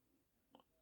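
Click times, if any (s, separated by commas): 0.6 s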